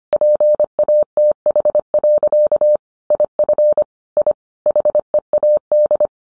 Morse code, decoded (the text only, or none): PATH. IF I HEAD